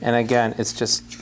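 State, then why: Not seated. Someone talks while handling the locking latch of a Nauticam underwater compact-camera housing for the Sony RX-100 III. Speech fills the clip, with a few soft higher-pitched rustles between the words. The latch has not clicked and the housing has not locked yet.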